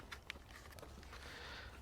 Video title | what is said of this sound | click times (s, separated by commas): 300 Series LC300 Toyota LandCruiser REDARC BCDC Dual Battery DIY Installation Guide (Under Bonnet) | so you can hear that clicking in | 0.3 s